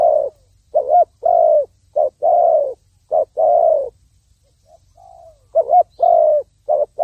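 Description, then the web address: Spotted dove cooing, soft low hoots in uneven groups, with a brief quiet gap midway before another cooing phrase begins. "tieng cu dat gay. tieng dong vat"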